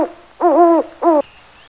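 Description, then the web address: Owl hoots: two short, mellow, slightly wavering hoots, each lasting under half a second, separated by a brief pause. "neme owl"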